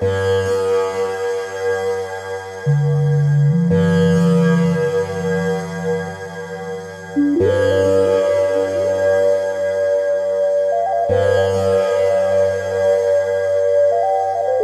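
A slow, sustained drone of layered tones resonates like a singing bowl, humming and ringing steadily throughout. Fresh strikes or swells arrive about every three to four seconds, near 0, 4, 7.5 and 11 seconds, each shifting the pitch slightly higher before settling into a long hum.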